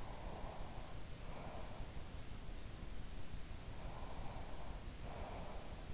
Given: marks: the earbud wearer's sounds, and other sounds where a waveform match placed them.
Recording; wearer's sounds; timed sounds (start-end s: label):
sounds in sleep by an in-ear microphone; breath
0.03-2.03 s: breath
3.74-5.88 s: breath